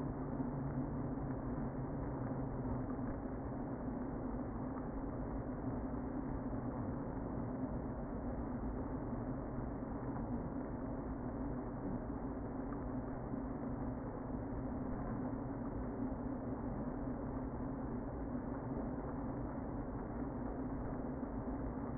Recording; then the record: honeybee colony, microphone inside the hive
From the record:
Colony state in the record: queen present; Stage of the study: before two queens were removed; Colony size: about 60,000 bees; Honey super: yes